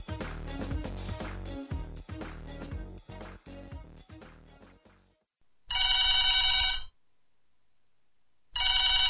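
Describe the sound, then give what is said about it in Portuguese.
Music fades out, then a loud, shrill telephone bell rings in a burst of about a second, goes silent briefly, and starts ringing again before cutting off. “vai atender o telefone, mano.”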